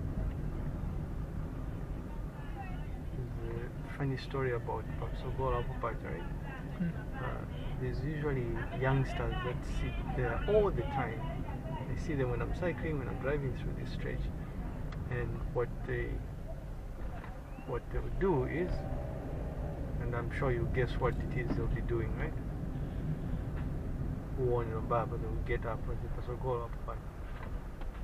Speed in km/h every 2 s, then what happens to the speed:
17, 14, 15, 17, 19, 19, 18, 15, 9, 17, 22, 22, 17, 8.
0-11 steady at about 17. 11-17 slows to 9. 17-22 speeds up to 22. 22-28 slows to 8.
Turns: none.